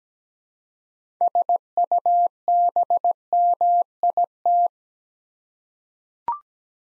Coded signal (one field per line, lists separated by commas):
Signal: Morse code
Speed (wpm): 17 wpm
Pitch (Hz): 700 Hz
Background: none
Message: SUBMIT